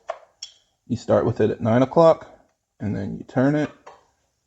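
A locking clip on a direct fuel injector in the cylinder head of a B58 engine in a 340i is started at the nine o'clock position and turned during injector replacement. Someone talks throughout, with a few faint, brief handling ticks near 0.1 s, 0.4 s and 3.9 s. Nothing has seated or clicked yet.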